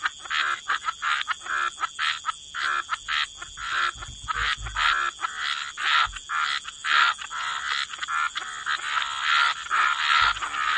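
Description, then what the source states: Many frogs croaking in fast, overlapping pulses that swell and dip, accompanied by a steady high-pitched hiss. Frog chorus.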